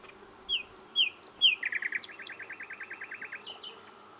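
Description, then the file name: Common nightingale singing a few descending slurred whistles that break into a fast, even series of repeated notes. "Luscinia megarhynchos"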